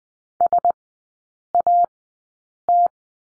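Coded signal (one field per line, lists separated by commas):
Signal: Morse code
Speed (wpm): 20 wpm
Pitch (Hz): 700 Hz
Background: none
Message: SAT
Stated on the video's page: Morse code course lesson at Farnsworth speed 20/10 wpm.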